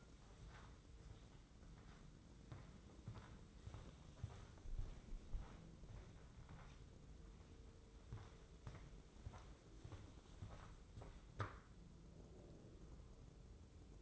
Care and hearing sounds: daily activity, microphone in the room; walk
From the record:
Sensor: 3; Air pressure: 995.9 hPa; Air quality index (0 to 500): 248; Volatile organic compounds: 1000 ppm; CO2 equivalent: 6360 ppm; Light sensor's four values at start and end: 34/80/36/39 and 29/69/30/33

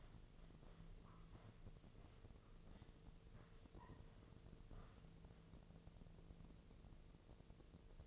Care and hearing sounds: daily activity, microphone in the room; walk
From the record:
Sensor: 4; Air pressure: 1006.3 hPa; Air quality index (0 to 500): 86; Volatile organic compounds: 2 ppm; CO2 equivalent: 1064 ppm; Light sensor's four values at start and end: 12/27/11/10 and 12/27/11/10

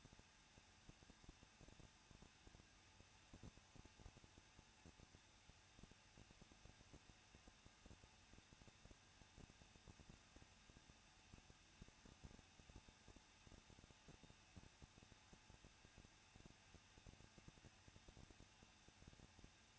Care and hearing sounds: daily activity, microphone in the room; no activity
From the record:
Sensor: 2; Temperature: 21.0 degrees Celsius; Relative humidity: 37.5%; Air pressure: 1006.2 hPa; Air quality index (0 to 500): 223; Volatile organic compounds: 25 ppm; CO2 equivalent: 2827 ppm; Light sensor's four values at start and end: 2/3/2/2 and 2/3/2/2

